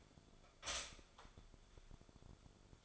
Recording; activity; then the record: daily activity, microphone in the room; stop toaster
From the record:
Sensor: 5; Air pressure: 1014.8 hPa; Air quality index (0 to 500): 197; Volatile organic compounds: 8 ppm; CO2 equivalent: 2097 ppm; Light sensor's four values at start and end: 16/37/14/13 and 16/37/14/13